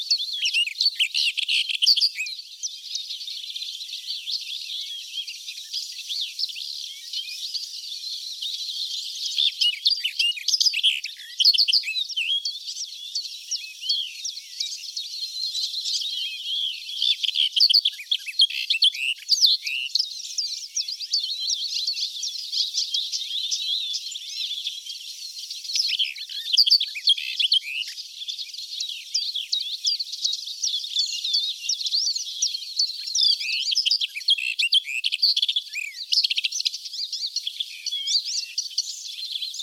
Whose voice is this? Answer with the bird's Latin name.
Sylvia nisoria